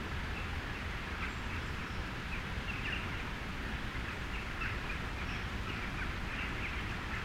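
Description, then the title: Western Jackdaw calls, many short notes, faint under a loud, steady, low rushing noise. Several jackdaws recorded by flooded winterbournes, 25 October 2020, 12:53 pm. "Jackdaws And Flooded Winterbournes 25-10-2020 1253 pm"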